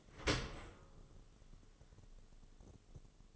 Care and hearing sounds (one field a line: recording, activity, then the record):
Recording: daily activity, microphone in the room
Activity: open dishwasher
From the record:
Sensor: 4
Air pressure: 1015.9 hPa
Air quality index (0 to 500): 102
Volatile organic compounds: 2 ppm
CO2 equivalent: 1142 ppm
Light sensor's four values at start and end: 8/18/7/7 and 8/18/7/7